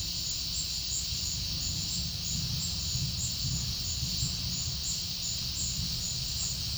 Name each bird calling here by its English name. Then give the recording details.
none. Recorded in dense forest near Puerto Asís, Putumayo, Colombia, on 19 February 2024 at 12:00. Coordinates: 0.496, -76.326. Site G6383